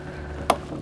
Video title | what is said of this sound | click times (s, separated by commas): 2023 ROAMER 1 FULL Tour! - ROA Off-Road | open it up like that the moment you hear that click you stop there's | 0.5 s